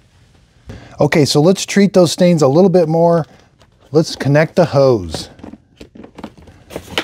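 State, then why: Seated. Someone talks, then pushes the plastic hose fitting into the hose port of a Hoover PowerScrub XL Pet FH68050 carpet cleaner to treat stains. A few small handling clicks follow, then a loud, sharp snap at 7.0 s as the connector seats in the port.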